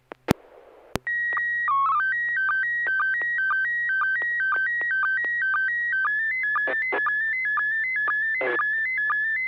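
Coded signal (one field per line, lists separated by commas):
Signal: SSTV (slow-scan television)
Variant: PD 120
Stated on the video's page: SSTV net on a 441.30 MHz FM repeater, images sent with MMSSTV.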